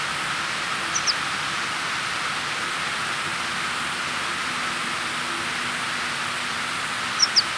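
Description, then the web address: Horned lark calls: two brief, high, thin double notes, one near the start and one near the end, over steady hiss. "larks"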